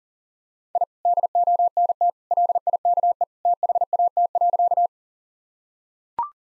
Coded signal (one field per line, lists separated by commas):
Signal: Morse code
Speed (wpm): 40 wpm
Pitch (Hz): 700 Hz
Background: none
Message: I DONT LIKE THAT.